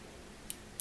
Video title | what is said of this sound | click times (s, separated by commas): Creality CR-10 3D Printer - Unboxing & Review | it'll click and to remove it | 0.5 s, 0.8 s